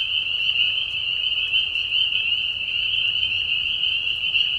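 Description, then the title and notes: Spring peeper chorus: a dense, high, ringing mass of short whistled peeps, continuous and uniform, with soft low background noise. Peeper frogs giving a mating call in a marsh at night in spring, during a very short season; high, low-volume whistles; Tiny Marsh Conservation Area, Tiny, Ontario. "Peeper frogs in the spring. Peeper frogs in a marsh at night. This is a mating call that happens during a very short season in the Spring. The high whistles at a low volume. Recorded at the Tiny Marsh Conservation area in Tiny, Ontario. Recorded by Anton Pickard. Music for Sleep"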